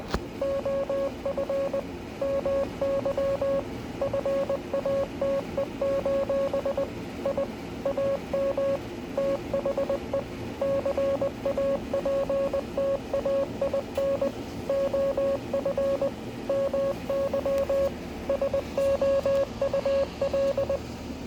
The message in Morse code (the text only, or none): OF MY FATE: I AM THE CAPTAIN OF MY SOUL